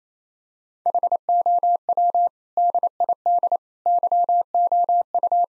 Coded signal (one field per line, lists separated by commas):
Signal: Morse code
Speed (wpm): 27 wpm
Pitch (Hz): 700 Hz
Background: none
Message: HOW DID YOU